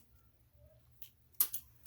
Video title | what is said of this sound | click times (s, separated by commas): AT HOME GLUCOSE MONITOR: CHECK YOUR BLOOD SUGAR AT HOME | see how it pops out and it's covered the needle | 1.4 s